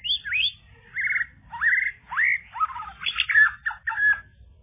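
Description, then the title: Bird chirping steadily, a lively sequence of quick upswept and downslurred whistled notes and rattling twitters with hardly a break. "kikicau"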